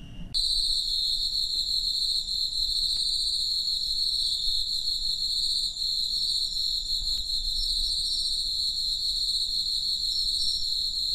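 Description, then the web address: Cricket song starting abruptly: a loud, steady, high-pitched trill held without pause to the end. "Hoerbeispiele Grillen"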